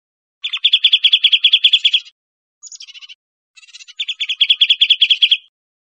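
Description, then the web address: Bird trilling: two fast, even, high trills of rapid repeated notes, split by a brief burst of higher, scratchy notes. Recorded in Costa Rica. "birdvocals CR"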